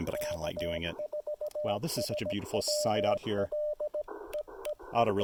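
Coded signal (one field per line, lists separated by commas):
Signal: Morse code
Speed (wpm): 17 wpm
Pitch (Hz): 600 Hz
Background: speech, radio noise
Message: K4SWL EEE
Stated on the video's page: State park activation with Icom IC-705 and EFT-MTR end-fed antenna.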